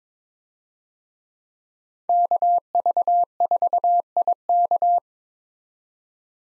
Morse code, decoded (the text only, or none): KV4IK